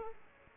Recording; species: mosquito wingbeat signal from an infrared sensor; Aedes aegypti